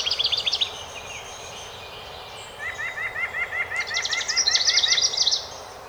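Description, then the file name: House wren singing short high trilled bursts at start and end, with a steady run of quick lower chirping notes between them. Recorded on 12 May 2018. "2018-05-12 HOWR"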